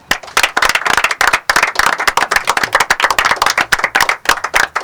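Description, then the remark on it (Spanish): Sustained applause from a crowd in tribute to disappeared comrades, with many hands clapping in dense, overlapping bursts that stay loud and steady throughout, no voices standing out. “Así que voy a hacer un aplauso solamente para todos los compañeros desaparecidos que estuvieron ahí.”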